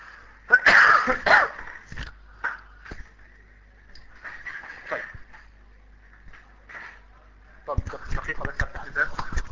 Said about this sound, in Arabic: طيب، سامعوني بكح، جابوا لي ميه.